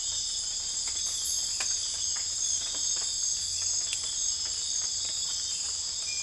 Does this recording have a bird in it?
no